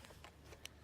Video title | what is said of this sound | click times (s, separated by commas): Now that is Cool – Liberty Stair | here it snap just | 0.7 s